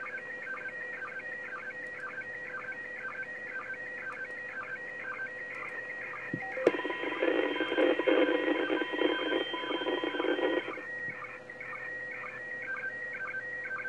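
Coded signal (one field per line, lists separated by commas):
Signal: SSTV (slow-scan television)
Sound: warbling tone sweeping 1.5-2.3 kHz with regular short low sync blips, rhythmic scanning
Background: radio static, steady hum tones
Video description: monitoring path of USA and taking care of Doppler frequency shift on 2m 145.800 FM, while capturing image using RX-SSTV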